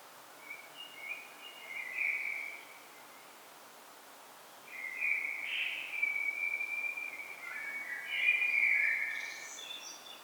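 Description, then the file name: Common blackbird singing soft fluty phrases, a quiet opening phrase then longer warbling passages ending in higher twittering notes, against steady background noise. "Turdus merula"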